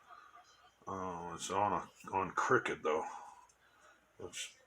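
Someone talks while handling the plastic cap of a replacement plug on the end of an orange extension cord; the cap went on crooked and is being pushed to re-snap it straight. Nothing has seated or clicked yet.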